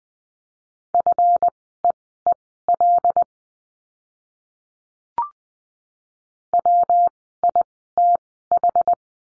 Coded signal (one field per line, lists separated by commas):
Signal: Morse code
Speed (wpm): 20 wpm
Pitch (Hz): 700 Hz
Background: none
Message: FEEL WITH